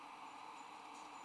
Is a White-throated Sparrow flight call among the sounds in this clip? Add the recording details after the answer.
no. No flight call is heard. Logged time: 05:44 on 18 December 2014